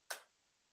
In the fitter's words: I feel the click I hear the click and I see the whole system it's not hidden